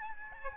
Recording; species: mosquito wingbeat signal from an infrared sensor; Aedes albopictus